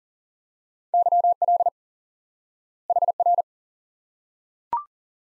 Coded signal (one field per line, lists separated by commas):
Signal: Morse code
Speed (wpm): 40 wpm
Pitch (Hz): 700 Hz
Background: none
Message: YL HR